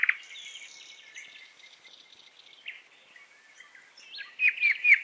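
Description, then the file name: Nightingale song: soft whistles and quiet warbling, ending in a burst of a few loud, slurred notes. "Solovei"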